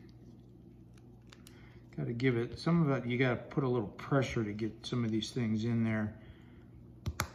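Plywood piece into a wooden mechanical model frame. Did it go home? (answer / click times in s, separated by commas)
yes / 7.1 s, 7.2 s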